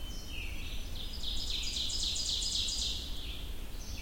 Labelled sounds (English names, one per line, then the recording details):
Ovenbird song
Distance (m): 40 m
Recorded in boreal forest in Alberta, Canada, on 25 June 2016 at 06:33
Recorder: SongMeter 3, array SBT-6-76
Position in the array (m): 34 m, 104 m
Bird 2